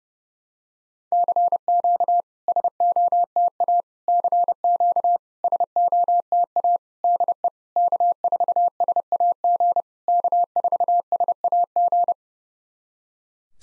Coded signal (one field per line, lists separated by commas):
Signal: Morse code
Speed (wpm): 30 wpm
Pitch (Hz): 700 Hz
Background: none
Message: CQ SOTA CQ SOTA DE K4SAG K4SAG